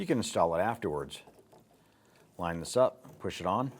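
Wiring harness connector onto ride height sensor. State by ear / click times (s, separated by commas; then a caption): not seated / none. Someone talks while a wiring harness connector is lined up and pushed onto the new rear ride height sensor on a 2015-2020 Cadillac Escalade, with quiet handling noise in a pause between phrases. Nothing has snapped into place or seated yet.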